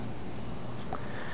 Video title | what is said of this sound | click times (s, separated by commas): Quest Solutions GTCO Roll Up Board Setup | simply insert the connector into the board and you'll hear a click when it's inserted | 0.9 s